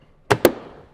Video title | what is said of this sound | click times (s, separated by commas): Toyota Tundra Kicker 6 Speaker Plug & Play Bundle - 2007 - 2013 Toyota Tundra | and that snaps right back into place | 0.3 s